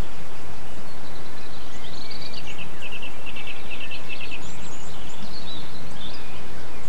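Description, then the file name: A bird gives a fast rattling trill in the middle, with other high chirps around it and a steady low rumble throughout. Birdsong extract recorded 8 April 2007 on an MZ-N 710 recorder. "MZ-N 710 Chants d oiseaux 8 04 07 extrait"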